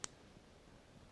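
An extractor tool is pushed over a crimped metal pin in a plastic Molex power connector housing, and the cable is pushed up until the pin's retaining tangs release. A single sharp, bright click is heard at 0.0 s, followed by quiet low background. The pin is released from the connector housing so the cable can be pulled out.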